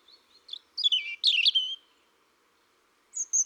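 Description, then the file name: European robin song: a few thin, slurred whistles falling in pitch, a scratchy twitter, then silence and two high clear notes at the end. "Rougegorge familier"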